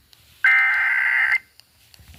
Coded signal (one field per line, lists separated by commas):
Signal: Emergency Alert System (SAME) tones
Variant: header bursts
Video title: EAS #324-333 Third Amber Alert on Multiple FM Stations